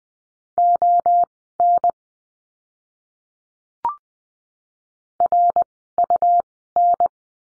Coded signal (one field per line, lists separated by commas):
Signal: Morse code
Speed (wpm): 20 wpm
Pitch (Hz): 700 Hz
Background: none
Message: ON RUN